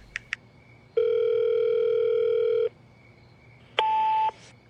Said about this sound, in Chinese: 在罗瑞家蹭到了晚上，温小辉知道一直躲下去也不是办法，主动给洛毅打了个电话。